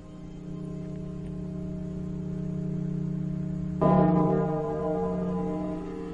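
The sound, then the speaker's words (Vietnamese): Deep bells on all four sides ring together in a sustained, resonant drone with layered humming overtones, and a fresh loud strike near the middle swells the eerie, ringing wash before it slowly decays. “Những tiếng chuông cộng hưởng vào với nhau tạo thành tiếng chuông to, nghe vô cùng ma mị.”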